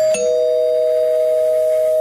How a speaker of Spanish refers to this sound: El sábado a las 13 en punto tocaron el timbre.